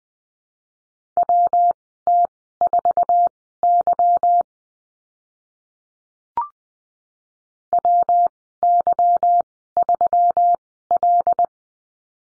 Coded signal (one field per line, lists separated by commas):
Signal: Morse code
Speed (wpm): 20 wpm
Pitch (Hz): 700 Hz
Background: none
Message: WT4Y WY3L